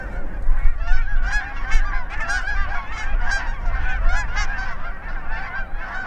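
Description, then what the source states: Canada goose honks, loud and nasal, several birds calling in quick overlapping bursts, with heavy low rumbling beneath. Canada goose calling at takeoff.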